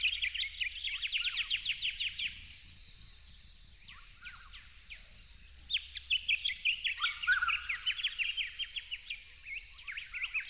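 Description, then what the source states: Yellow-faced honeyeater song: loud bursts of fast, sharp chirps at first, a quieter spell, then renewed rapid chirping with a lower slurred note among them. At dawn, dated 08/01/12.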